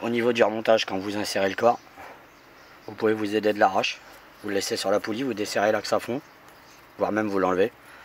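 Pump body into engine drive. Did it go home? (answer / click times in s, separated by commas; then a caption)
no / none. A pump body is being handled during reassembly as it is inserted into the engine drive, while someone talks over quiet background noise. The clip ends before the part goes home, and nothing has seated or clicked yet.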